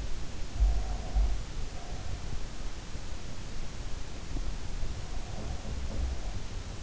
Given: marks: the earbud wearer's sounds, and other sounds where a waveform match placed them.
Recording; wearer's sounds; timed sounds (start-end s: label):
sounds in sleep by an in-ear microphone; breath
0.27-2.18 s: breath
4.83-6.82 s: breath